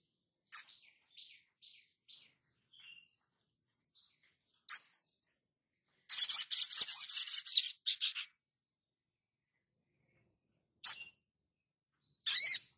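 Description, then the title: Spiderhunter song: sharp, very high chirps spaced by pauses, a few faint softer notes, then a dense rapid burst of buzzy notes lasting about two seconds. Labaik variant of a masteran, a training recording for cage birds. "Sogok Ontong Labaik"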